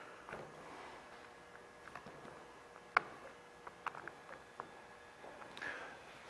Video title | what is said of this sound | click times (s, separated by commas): C5 Corvette Horn Fix! New Horn Contact Membrane | you'll see that these things snap right into place voila | 0.3 s, 2.0 s, 3.0 s, 4.1 s, 4.6 s, 5.6 s